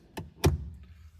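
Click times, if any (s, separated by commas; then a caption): 0.2 s, 0.4 s. Someone closes the restored glove box lid on a Jaguar E-Type dashboard, and it latches shut with a nice click. Two sharp clicks land at 0.2 s and 0.4 s, the second louder and fuller, followed by a faint soft sound near 0.8 s. The lid is seated and shut.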